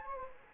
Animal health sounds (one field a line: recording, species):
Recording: mosquito wingbeat signal from an infrared sensor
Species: Anopheles gambiae